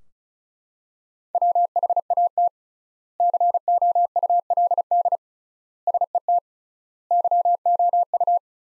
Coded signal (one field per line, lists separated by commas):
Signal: Morse code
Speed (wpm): 34 wpm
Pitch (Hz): 700 Hz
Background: none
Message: WHAT COULD SET YOU